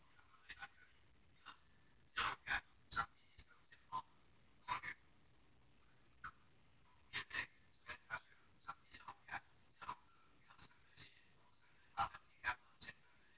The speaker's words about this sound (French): Synthèse vocale éloquente, je vais en faire une démonstration. Sur mon téléphone, j'ai la voix d'éloquente qui parle.